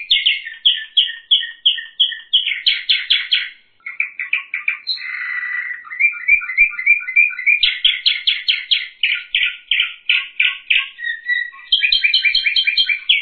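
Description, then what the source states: Bird delivering a varied song of quick buzzy notes, a brief harsh burst, then rolling repeated trills at a steady fast pace. Masteran tutor recording.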